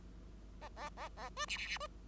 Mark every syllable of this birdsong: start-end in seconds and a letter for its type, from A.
0.61-0.68 A, 0.76-0.89 A, 0.96-1.09 A, 1.17-1.29 A, 1.36-1.46 B, 1.48-1.57 C, 1.57-1.67 C, 1.67-1.78 C, 1.80-1.87 B